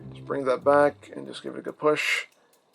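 Someone talks while handling a plastic Transformers-style Toyworld Fierce Hot (The Last Knight WW Hot Rod) robot figure, rocking a body section back to push it firmly so it clips in right underneath a metal section of the frame. Nothing has seated or clicked yet; the clip ends just before the section snaps into place.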